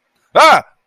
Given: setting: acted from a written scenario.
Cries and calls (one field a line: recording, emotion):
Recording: vocal sound without words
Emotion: negative surprise